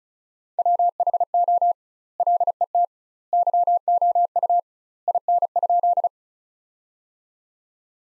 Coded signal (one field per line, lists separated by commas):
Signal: Morse code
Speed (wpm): 34 wpm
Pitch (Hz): 700 Hz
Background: none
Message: WHO LET YOU IN?